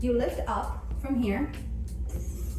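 A woman talks over music while handling the running deck of a THERUN folding treadmill, lifting it toward its upright storage position, where a metal and plastic fold latch locks it. Two brief sounds occur near 1.9 s and 2.1 s. The deck has not reached the latch yet, and nothing has seated or clicked.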